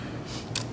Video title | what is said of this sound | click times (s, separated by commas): 02 Removable parts 1 | and you simply push the door shut until it clicks and your battery is in | 0.6 s